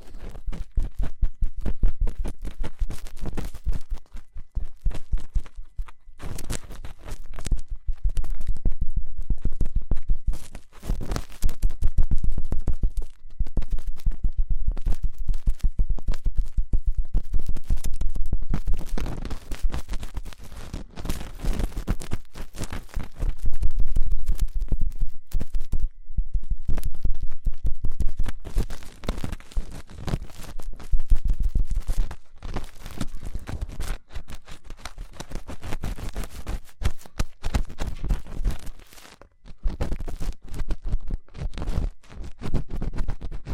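Fast, intense ear cleaning with dense, rapid scratching and rubbing, heavy low rumble throughout, and a brief quieter gap near thirty-nine seconds.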